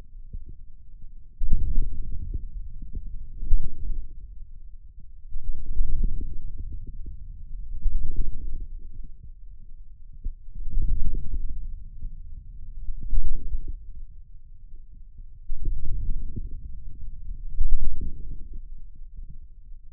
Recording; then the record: forearm muscle sounds (acoustic myography)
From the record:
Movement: ulnar deviation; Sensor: system 2, bracelet of six BSWA MPA416 microphones around the upper forearm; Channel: 6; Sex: male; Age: 22 years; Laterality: right